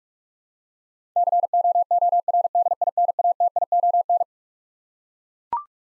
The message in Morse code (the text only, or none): COORDINATION